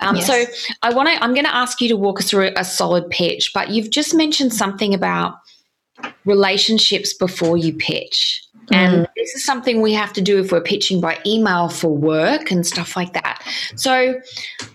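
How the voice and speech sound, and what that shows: A woman speaks fluently at an even conversational pace, with clear articulation and a steady voice; speech is normal.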